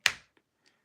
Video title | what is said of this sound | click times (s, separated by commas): Christmas Catch Up | that click spot actually holds it in there so it won't fall | 0.1 s